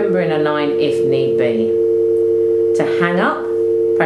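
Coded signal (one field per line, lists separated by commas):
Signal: telephone call progress tone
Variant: UK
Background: speech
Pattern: dial tone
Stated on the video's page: Call tones on an Avaya IP Office 96 series telephone while making and ending a call.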